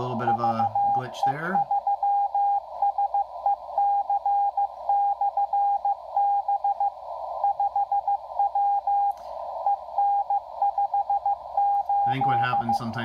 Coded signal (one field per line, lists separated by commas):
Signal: Morse code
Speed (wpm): 15 wpm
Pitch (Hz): 810 Hz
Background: speech, radio noise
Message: VE3SEC/B 5W EN58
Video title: Xiegu X5105 decoding VE3SEC 10m beacon